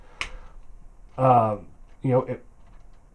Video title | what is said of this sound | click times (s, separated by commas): Transformers review Perfect Effect - 07 Devastator upgrade kit | It does the job, and it locks into place. | 0.2 s